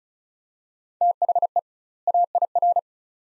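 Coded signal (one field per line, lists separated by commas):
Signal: Morse code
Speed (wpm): 36 wpm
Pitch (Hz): 700 Hz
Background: none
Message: THE AIR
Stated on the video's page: Head-copy drill of two-word groups at 35 wpm with 2x word spacing, Farnsworth-like; each set sent, spoken, then sent again.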